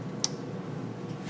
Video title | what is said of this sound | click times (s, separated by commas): Xyzal WM In Store Signage Tutorial HD 1080p HD 720p | There's a little notch on the top and it just slides in until you hear a click | 0.2 s